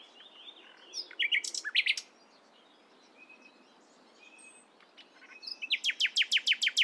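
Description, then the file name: Common nightingale song: jumbled chips and a harsh burst, soft scattered notes, then a loud series of repeated sharp notes. "Luscinia megarhynchos"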